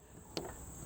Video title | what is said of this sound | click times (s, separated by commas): Comprehensive Review: Tethered Power Station for DJI Matrice 300 | So when you put it in and it clicks in place, now you can't accidentally yank it out or kick it off. | 0.4 s